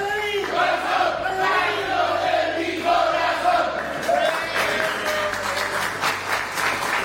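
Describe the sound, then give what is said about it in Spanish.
A crowd shouts a team cheer for Club Deportivo El Rayo of Quintero at the opening of a new sports space, voices rising in loud unison chants with clapping mixed in, the sound staying dense and energetic throughout. “Y el grito grande, pues.”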